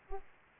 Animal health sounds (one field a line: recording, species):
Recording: mosquito wingbeat signal from an infrared sensor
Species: Aedes aegypti